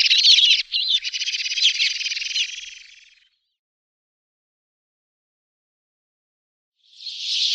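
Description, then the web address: House sparrow chirping chatter for about three seconds, then silence, with another chirping burst starting near the end. "Schulze Peter House Sparrow"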